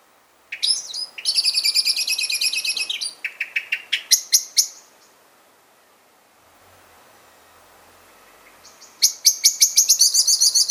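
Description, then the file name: Common blackbird giving a fast run of sharp, high chinking notes, then a pause of several seconds before another rapid burst of chinks. "Turdus merula"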